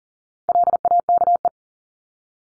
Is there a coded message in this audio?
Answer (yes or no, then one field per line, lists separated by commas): yes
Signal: Morse code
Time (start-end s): 0.5-1.5 s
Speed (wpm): 40 wpm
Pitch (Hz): 700 Hz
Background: none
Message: LAKE